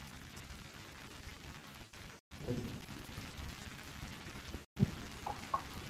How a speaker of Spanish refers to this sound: Nada más escuchamos el agua que se está tirando de la regadera.